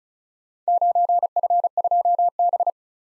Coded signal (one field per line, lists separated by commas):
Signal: Morse code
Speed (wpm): 35 wpm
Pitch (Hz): 700 Hz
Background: none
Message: 9F2B